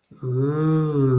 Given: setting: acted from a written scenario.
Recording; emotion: vocal sound without words; awe